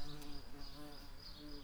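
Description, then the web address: Garden bumblebee buzzing: a steady, low droning hum that wavers slightly in pitch over a hissy background. Queen garden bumblebees. "Hortorum queens"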